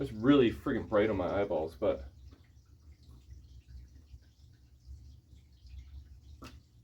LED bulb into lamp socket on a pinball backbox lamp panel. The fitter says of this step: just not locking in very good